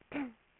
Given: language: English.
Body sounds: throat vibration sensor signal played as sound; throat clearing

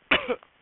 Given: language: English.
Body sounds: throat vibration sensor signal played as sound; cough

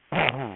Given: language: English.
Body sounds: throat vibration sensor signal played as sound; throat clearing

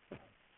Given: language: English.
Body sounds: throat vibration sensor signal played as sound; cough

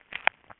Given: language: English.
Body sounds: throat vibration sensor signal played as sound; swallow

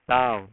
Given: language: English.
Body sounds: throat vibration sensor signal played as sound; speech

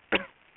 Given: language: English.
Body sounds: throat vibration sensor signal played as sound; cough

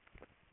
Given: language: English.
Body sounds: throat vibration sensor signal played as sound; swallow

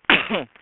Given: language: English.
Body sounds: throat vibration sensor signal played as sound; cough

